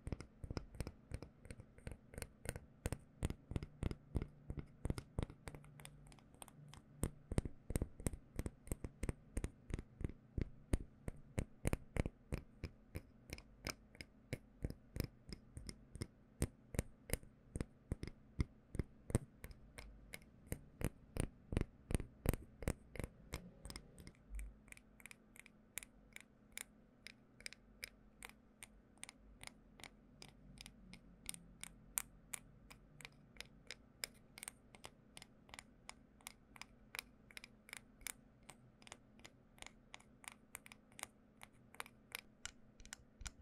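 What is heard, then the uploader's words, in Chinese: Wooden implements tap and click in a steady rapid rhythm, over a low hum that fades after about twenty-four seconds. ASMR 木製器具觸發 | Wood Triggers To Help You Sleep | NO Talking。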